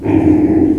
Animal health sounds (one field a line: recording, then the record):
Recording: squeal of a Yucatan mini pig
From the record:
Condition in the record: before surgery on the right vocal fold (resection and tissue-engineered implant)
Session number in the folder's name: 1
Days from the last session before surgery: -21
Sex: female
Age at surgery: 19 weeks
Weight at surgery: 25 kg